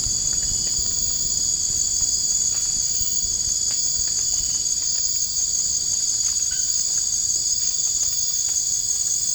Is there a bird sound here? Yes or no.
no